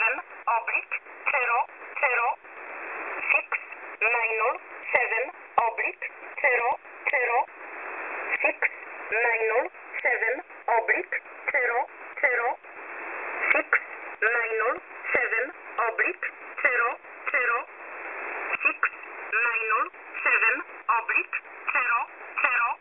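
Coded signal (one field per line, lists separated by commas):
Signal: numbers station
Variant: E11 Oblique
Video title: E11 Oblique 24/04/2024 1045 UTC 12385kHz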